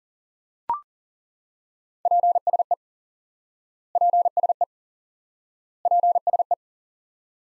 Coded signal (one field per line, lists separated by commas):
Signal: Morse code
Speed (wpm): 40 wpm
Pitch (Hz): 700 Hz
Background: none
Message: PSE PSE PSE